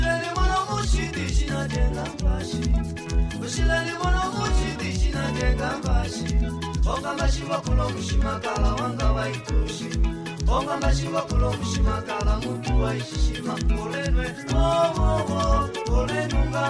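Music fills a noisy Luanda street, driven by a steady, regular kick drum at roughly two beats per second over a busy bass line. Melodic lines and voice-like phrases weave above it, and the sound stays dense and loud for the whole clip.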